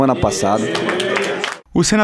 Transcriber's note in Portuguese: aplausos